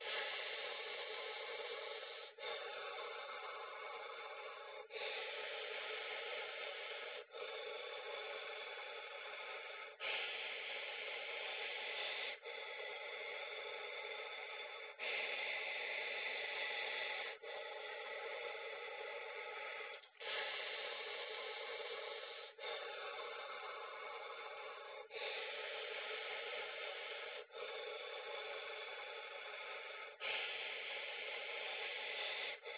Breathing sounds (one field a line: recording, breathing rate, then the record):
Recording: paced breathing near a phone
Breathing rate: 12 breaths a minute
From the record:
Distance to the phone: 20 cm